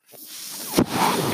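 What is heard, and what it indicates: Rising airy hiss with a brief puff near the end: a home mechanical ventilator delivering a breath, heard during a pause in speech.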